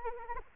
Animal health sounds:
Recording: mosquito wingbeat signal from an infrared sensor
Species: Anopheles arabiensis

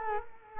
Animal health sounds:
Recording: mosquito wingbeat signal from an infrared sensor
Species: Culex quinquefasciatus

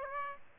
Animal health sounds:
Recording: mosquito wingbeat signal from an infrared sensor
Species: Aedes aegypti

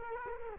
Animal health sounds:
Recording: mosquito wingbeat signal from an infrared sensor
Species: Culex quinquefasciatus

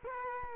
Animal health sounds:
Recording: mosquito wingbeat signal from an infrared sensor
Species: Culex quinquefasciatus

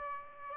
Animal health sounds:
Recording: mosquito wingbeat signal from an infrared sensor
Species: Aedes albopictus

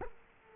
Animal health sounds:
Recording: mosquito wingbeat signal from an infrared sensor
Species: Culex quinquefasciatus

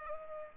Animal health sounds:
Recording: mosquito wingbeat signal from an infrared sensor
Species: Culex pipiens

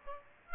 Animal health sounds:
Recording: mosquito wingbeat signal from an infrared sensor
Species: Aedes aegypti

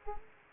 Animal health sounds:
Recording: mosquito wingbeat signal from an infrared sensor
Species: Anopheles gambiae

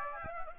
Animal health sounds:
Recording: mosquito wingbeat signal from an infrared sensor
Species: Aedes aegypti

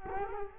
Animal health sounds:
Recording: mosquito wingbeat signal from an infrared sensor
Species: Culex quinquefasciatus

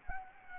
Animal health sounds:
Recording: mosquito wingbeat signal from an infrared sensor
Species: Anopheles gambiae

